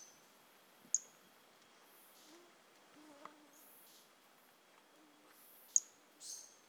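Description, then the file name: Brachycephalus mirissimus giving two isolated high-pitched chirps about five seconds apart, each with a brief tail, over soft background hiss and faint low notes. Recorded 18 January 2018; individual 01, specimen not collected. "Brachycephalus mirissimus 18 jan 2018 individual 01 ex 02 A E Confetti not collected"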